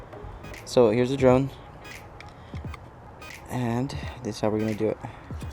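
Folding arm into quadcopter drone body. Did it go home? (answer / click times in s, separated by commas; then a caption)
no / none. Someone talks over music while handling a DJI Mavic Pro quadcopter drone, getting ready to unfold its plastic folding arms into place on the drone body. Faint short taps come at about 2.2 s and 2.7 s. Nothing has seated or snapped into place yet.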